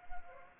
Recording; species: mosquito wingbeat signal from an infrared sensor; Anopheles gambiae